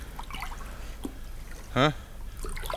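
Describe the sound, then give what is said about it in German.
A steady, soft trickle of fresh water runs throughout as someone scoops it to drink, with a few small splashy bursts and a short voiced sound rising briefly over it near the middle. “Jetzt fängst du auch schon an, von dem Wasser da zu trinken.”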